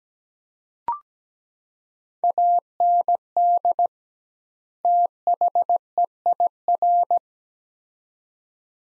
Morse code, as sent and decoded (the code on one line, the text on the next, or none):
.- -. -.. / - .... . .. .-.
AND THEIR